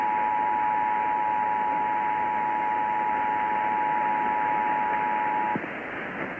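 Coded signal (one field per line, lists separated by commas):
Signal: Emergency Alert System (SAME) tones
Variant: 853 and 960 Hz attention tone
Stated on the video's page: Ohio Required Monthly Test originated from the state EOC and relayed on all Ohio radio and TV stations.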